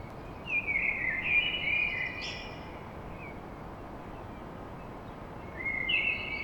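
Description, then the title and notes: Common blackbird: a long, low, fluted warble with a sharp high note near its end, then the start of a new phrase after a pause, over a soft hum. Recorded at dawn in Paris. "Blackbird Poetry At Paris. Enregistrement d'un chant de merle à l'aube dans Paris"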